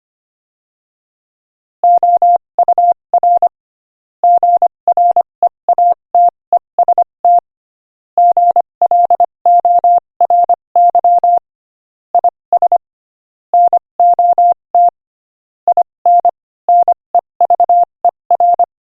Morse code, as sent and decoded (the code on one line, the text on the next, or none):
--- ..- .-. / --. .-. . .- - . ... - / --. .-.. --- .-. -.-- / .. ... / -. --- - / .. -. / -. . ...- . .-.
OUR GREATEST GLORY IS NOT IN NEVER